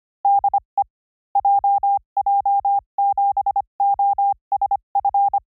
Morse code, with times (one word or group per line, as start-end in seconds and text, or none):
0.2-0.8 DE
1.4-5.4 JJ7OSF